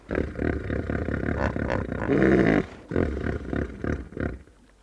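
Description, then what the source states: Hippopotamus grunting in a rapid series of deep, harsh, roaring pulses, swelling to a louder honking stretch midway, then breaking into shorter bursts that fade toward the end. Several hippos calling nearby in a river.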